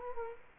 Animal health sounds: mosquito wingbeat signal from an infrared sensor; Culex quinquefasciatus

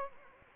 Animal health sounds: mosquito wingbeat signal from an infrared sensor; Anopheles gambiae

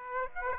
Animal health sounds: mosquito wingbeat signal from an infrared sensor; Aedes aegypti

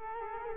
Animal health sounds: mosquito wingbeat signal from an infrared sensor; Culex quinquefasciatus

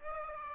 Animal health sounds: mosquito wingbeat signal from an infrared sensor; Aedes aegypti

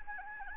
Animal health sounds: mosquito wingbeat signal from an infrared sensor; Anopheles gambiae

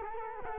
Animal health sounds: mosquito wingbeat signal from an infrared sensor; Culex quinquefasciatus

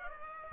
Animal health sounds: mosquito wingbeat signal from an infrared sensor; Aedes aegypti

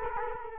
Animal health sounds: mosquito wingbeat signal from an infrared sensor; Culex quinquefasciatus

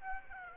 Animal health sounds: mosquito wingbeat signal from an infrared sensor; Aedes aegypti

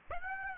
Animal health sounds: mosquito wingbeat signal from an infrared sensor; Aedes aegypti

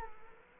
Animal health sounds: mosquito wingbeat signal from an infrared sensor; Culex quinquefasciatus

